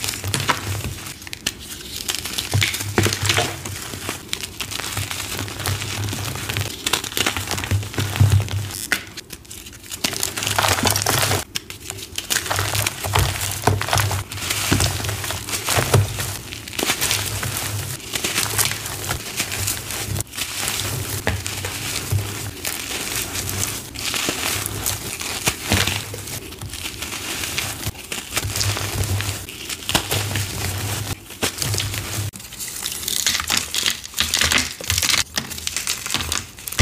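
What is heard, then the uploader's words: Gym chalk is crushed in a steady stream of dry, crisp crunching and crinkling, dense and bright, with many quick sharp crackles packed close together. A low hum runs underneath for most of the clip, and brief pauses break the crunching around 9 and 32 seconds. Colorful Crispy Crushes. Crunchy Gym Chalk Crushes.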